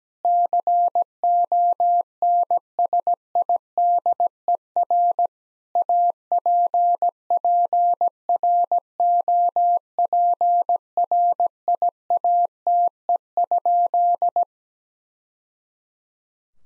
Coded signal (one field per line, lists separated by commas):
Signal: Morse code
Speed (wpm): 17 wpm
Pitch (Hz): 700 Hz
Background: none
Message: CONSIDER APPROPRIATE?